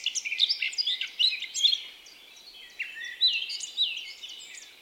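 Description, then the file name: Eurasian blackcap, quick chattering warble in two short bursts separated by a brief lull, notes bright and jumbled. "Sylvia atricapilla"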